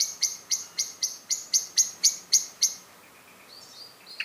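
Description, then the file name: Common blackbird repeating sharp chink notes steadily about four times a second, then falling quiet with faint twittering at the end. "Turdus merula"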